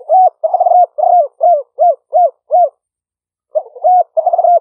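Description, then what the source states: Spotted dove making quick arched coos in a fast run, about seven notes, a pause, then a rolling burst of further coos. Vietnamese cooing style called "5 hậu".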